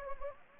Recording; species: mosquito wingbeat signal from an infrared sensor; Anopheles gambiae